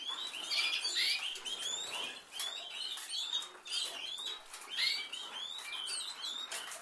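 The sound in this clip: Canary song, a quieter tumble of chirps and short sweeping notes in loose bursts, with a hissy background.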